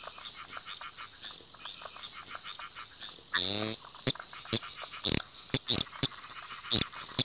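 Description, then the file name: Eastern dwarf tree frog call: a drawn-out rasping creak, then a run of short, sharp, high pips at irregular spacing, with a soft background hiss. "litoria fallax"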